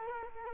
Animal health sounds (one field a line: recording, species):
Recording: mosquito wingbeat signal from an infrared sensor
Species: Culex quinquefasciatus